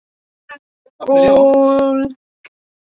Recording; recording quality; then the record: sustained vowel as in boot; excellent, no background noise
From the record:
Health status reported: healthy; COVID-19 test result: not tested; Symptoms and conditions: none ticked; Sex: female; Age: 31 years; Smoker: not ticked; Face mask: worn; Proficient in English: yes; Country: India